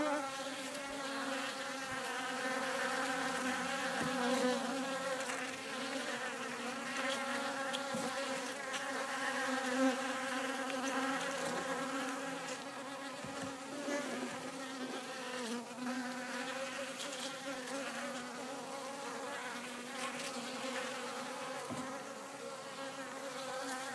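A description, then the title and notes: A swarm of bees drones steadily for the whole stretch, a dense, layered buzzing with a low hum and brighter tones stacked above it. The level barely changes, with slight wavering as individual bees pass, and a few faint clicks or taps scattered throughout. Swarm of Bees.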